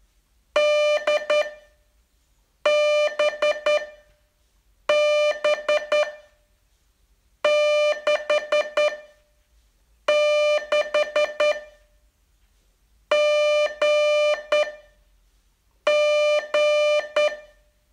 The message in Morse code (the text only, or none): D B B 6 6 G G